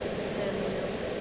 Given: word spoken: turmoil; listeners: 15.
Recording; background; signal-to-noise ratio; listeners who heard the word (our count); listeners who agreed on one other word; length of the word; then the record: one English word in noise, from a listening test; speech-shaped noise; -5.3 dB; 3 of 15; 9 of 15; 0.81 s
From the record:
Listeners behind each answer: 9, 3, 1, 1, 1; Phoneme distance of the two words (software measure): 17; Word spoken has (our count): 2 syllables, 5 phonemes, stress on syllable 1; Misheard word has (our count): 3 syllables, 6 phonemes, stress on syllable 1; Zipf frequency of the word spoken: 3.68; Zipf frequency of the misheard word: 3.74